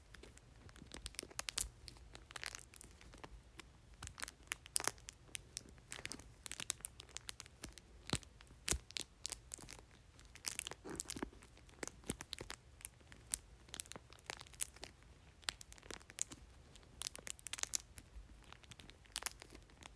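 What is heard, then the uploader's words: Dry crinkling and tapping on a plastic book cover, with dense bursts of sharp crackles and occasional louder taps scattered throughout. The rustling is bright and irregular, continuing steadily over a faint low hum. Tapping and Crinkling Book Cover.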